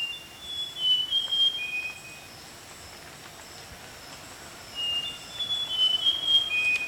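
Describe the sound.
Rusty mouse-warbler giving two whistled phrases a few seconds apart, each a quick series of pure high notes moving up and down and closing lower.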